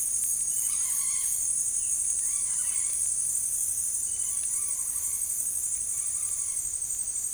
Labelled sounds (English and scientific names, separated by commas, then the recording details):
Red-bellied Macaw (Orthopsittaca manilatus)
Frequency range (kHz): Red-bellied Macaw (Orthopsittaca manilatus) 0.9-6.0 kHz
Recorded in dense forest near Puerto Asís, Putumayo, Colombia, on 23 June 2025 at 17:30
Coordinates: 0.503, -76.323
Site G059